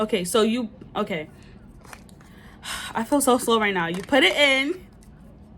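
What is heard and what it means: A plastic cosmetic refill pod is handled as it is put into a refillable jar case while someone talks. Faint handling taps and rustles come through between the speech. Nothing has seated or clicked yet; the pod is not home by the end.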